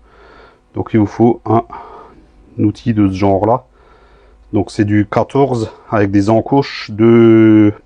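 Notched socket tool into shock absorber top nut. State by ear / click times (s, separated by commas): not seated / none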